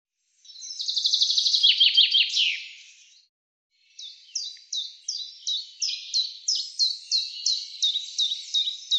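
Common chaffinch song: a fast descending trill ending in a brief flourish, then after a short gap another phrase of crisp repeated notes begins.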